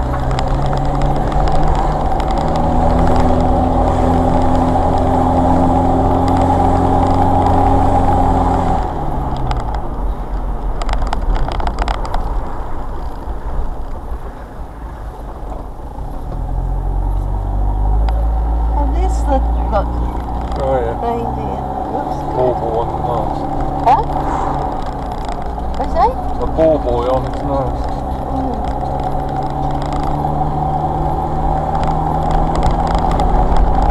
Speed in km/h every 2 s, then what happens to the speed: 16, 26, 31, 34, 37, 34, 24, 15, 8, 5, 11, 19, 21, 19, 21, 26, 32.
1-9 speeds up to 37. 9-16 brakes to 8. 19-22 speeds up to 19. 22-28 steady at about 19. 28-34 speeds up to 32.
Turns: 13-16.